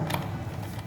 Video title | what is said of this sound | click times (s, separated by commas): 2021 PKR 05 Penggantian Sumber kamera gamma dan penanggulangan kecelakaan sumber macet | putar ke sana kalau udah bentar ini sudah terkunci aman buat karena | 0.1 s